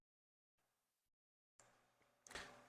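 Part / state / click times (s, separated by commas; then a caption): crimped wire terminal into a plastic connector housing / seated / 2.3 s. A crimped wire terminal for a panel wiring harness is pushed into numbered cavity 1 on the back of a plastic twist-lock connector housing. A brief soft rustle is heard around 0.6–1.1 s and a sharper sound starts at 1.6 s, followed by a small click at 2.3 s. The terminal is fully seated in the housing.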